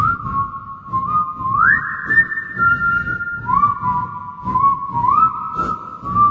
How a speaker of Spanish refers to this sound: Es el silbido aterrador del silbido del Silbón. Y el joven que mató a su padre y perdió la vida en manos de su abuelo.